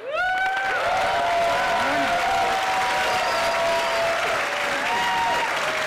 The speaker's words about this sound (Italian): E questi sono gli applausi, durati quasi un minuto, che hanno accolto giovedì l'amministratore delegato della Apple, Steve Jobs, che è riapparso in pubblico per la prima volta dopo circa un anno